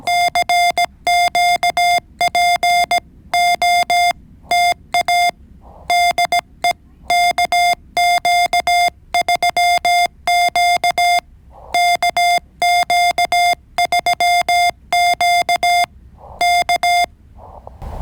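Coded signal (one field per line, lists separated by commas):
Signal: Morse code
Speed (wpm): 17 wpm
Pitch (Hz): 700 Hz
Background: music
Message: CQ POTA DE KQ3Q KQ3Q K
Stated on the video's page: Morse code callsign sent three times as a copy practice drill.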